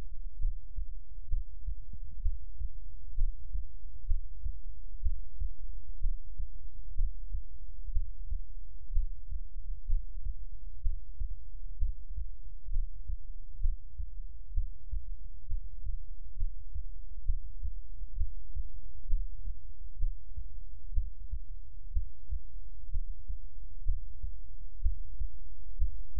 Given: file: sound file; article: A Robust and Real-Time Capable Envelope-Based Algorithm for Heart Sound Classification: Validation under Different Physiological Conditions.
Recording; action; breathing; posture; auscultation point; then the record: heart sounds by electronic stethoscope; rest; normal; lying on stomach; Erb’s point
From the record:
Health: healthy, no known heart disease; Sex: male